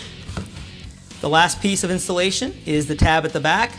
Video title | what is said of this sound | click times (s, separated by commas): Gear Talk: MSA Cairns® XF1 Light Module Installation | And when you hear the snap, you know it's installed properly. | 0.4 s